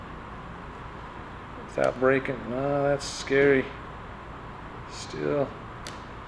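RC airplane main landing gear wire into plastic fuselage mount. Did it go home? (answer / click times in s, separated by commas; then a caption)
no / none. The main landing gear wire of a Hobbyzone XCub 450mm RC airplane is pushed into the plastic slot under its foam fuselage while someone talks over a steady low hum. A short, sharp tick is heard near 5.9 s, but it is not a snap. The gear wire has not snapped in or seated.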